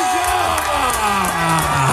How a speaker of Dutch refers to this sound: Maar mag ik eerst een heel groot applaus